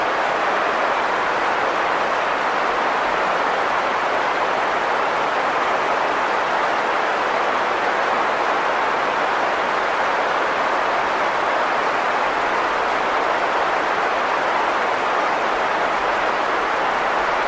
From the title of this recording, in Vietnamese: Tiếng ồn trắng